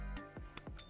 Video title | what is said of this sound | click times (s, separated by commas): SpeedyBee Mario5 - Cool Design, but Difficult to Build 🥵 | there we go kind of clicks into place that receiver plate back here | 0.6 s